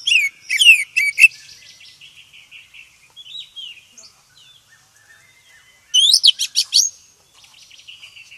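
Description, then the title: Oriental magpie-robin giving quick loud whistled trills, then soft scratchy twittering, before another bright burst of rapid notes and quieter warbling. "KACER HITAM"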